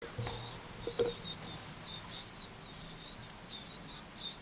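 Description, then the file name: Eurasian wren calls: a run of dry, buzzy, very high churring bursts repeated with brief gaps. "Troglodytes troglodytes"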